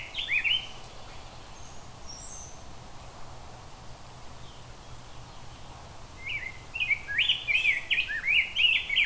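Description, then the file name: Rose-breasted grosbeak song: a short burst of sweet warbled notes at the start, a quiet pause, then a longer run of rich, rolling whistled phrases near the end. "Rose Breated Grosebeak"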